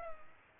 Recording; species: mosquito wingbeat signal from an infrared sensor; Culex pipiens